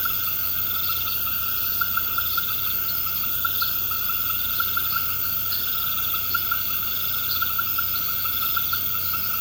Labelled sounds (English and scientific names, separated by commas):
none